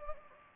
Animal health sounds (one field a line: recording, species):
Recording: mosquito wingbeat signal from an infrared sensor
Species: Anopheles gambiae